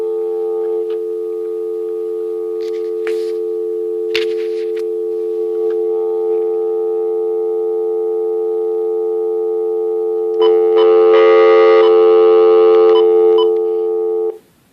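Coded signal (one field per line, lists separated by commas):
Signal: telephone call progress tone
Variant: North America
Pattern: dial tone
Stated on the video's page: Uniden cordless phone.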